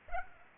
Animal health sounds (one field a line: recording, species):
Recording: mosquito wingbeat signal from an infrared sensor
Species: Aedes aegypti